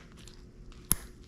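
A new rubber/plastic ignition coil boot is pushed onto a new ignition coil for a 1997 Mercedes S500 until it snaps into place. Faint handling noises lead up to one sharp, bright click at 0.9 s, and the boot is seated on the coil.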